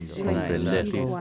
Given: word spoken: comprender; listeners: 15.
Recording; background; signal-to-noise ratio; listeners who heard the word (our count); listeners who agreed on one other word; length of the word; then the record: one Spanish word in noise, from a listening test; four-talker babble; 0.1 dB; 6 of 15; 6 of 15; 0.81 s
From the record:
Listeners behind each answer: 6, 6, 1, 1, 1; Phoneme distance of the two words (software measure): 44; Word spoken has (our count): 3 syllables, 10 phonemes, stress on syllable 3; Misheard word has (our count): 3 syllables, 8 phonemes, stress on syllable 3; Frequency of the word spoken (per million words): 53.04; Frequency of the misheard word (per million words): 79.93